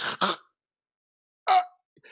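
Adult imitating obstructive sleep apnea snoring: a silent apneic pause followed by gasping snorts. Breathing that stops for a couple of seconds, many times during the night, needs attention, because the brain is not getting enough oxygen and sleep is not restful.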